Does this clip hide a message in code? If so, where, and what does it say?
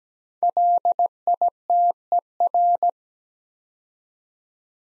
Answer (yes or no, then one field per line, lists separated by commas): yes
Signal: Morse code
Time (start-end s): 0.4-2.9 s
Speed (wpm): 17 wpm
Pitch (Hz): 700 Hz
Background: none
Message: LITER